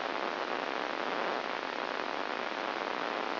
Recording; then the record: brain microelectrode recording played as sound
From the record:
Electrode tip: inside the subthalamic nucleus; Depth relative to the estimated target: 0.5 mm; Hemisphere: left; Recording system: AlphaMap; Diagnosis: Parkinson's disease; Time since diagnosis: 8 years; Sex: male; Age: 59 years